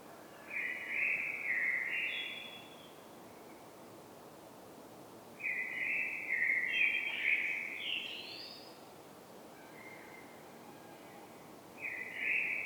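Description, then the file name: Common blackbird song, fairly soft: leisurely fluted phrases with short squeaky endings, separated by pauses of several seconds. "Turdus merula"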